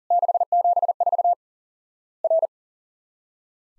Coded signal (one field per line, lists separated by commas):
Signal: Morse code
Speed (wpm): 40 wpm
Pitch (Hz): 700 Hz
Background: none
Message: 674 R